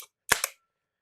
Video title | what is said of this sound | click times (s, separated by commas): FIRST LOOK: Prow XM5 — $945 Beast That Might Rival the Toxicant! | That clicks in place. | 0.3 s, 0.4 s